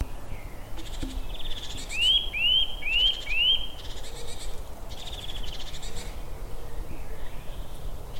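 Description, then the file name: Eurasian nuthatch calling: four clear whistled notes, each sliding upward, given in quick succession, with other bird sounds and background noise around them. "Sitta europaea"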